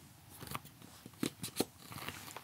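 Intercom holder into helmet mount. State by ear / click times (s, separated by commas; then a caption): seated / 2.1 s. A plastic intercom holder is slid up into its mount on a motorcycle helmet, producing a series of short scraping and tapping sounds. It clicks into place at 2.1 seconds, seated and confirmed.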